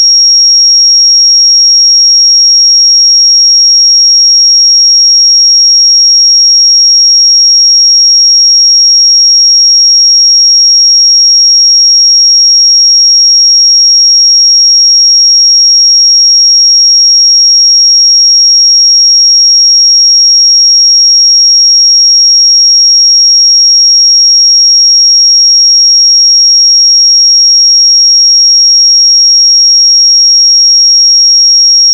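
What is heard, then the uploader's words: A pure sine tone at 5590 Hz holds perfectly steady for the whole clip, thin and piercingly high. Its loudness never shifts, with no pulsing, breaks or other sounds, just one unbroken bright whistle against total silence. 5590 Hz 1 Hz Interval Sine Pure Tone Frequency 441000 Sample Mono.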